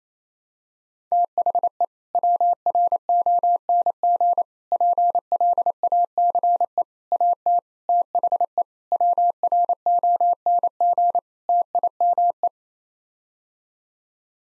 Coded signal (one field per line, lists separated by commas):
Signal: Morse code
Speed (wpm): 28 wpm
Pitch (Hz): 700 Hz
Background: none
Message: THE WRONG PLACE AT THE WRONG TIME